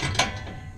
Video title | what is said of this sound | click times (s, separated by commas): Natural Gas to Liquid Propane Conversion of Fulgor Milano Sofia 36" Range | it snaps into that spring clip | 0.2 s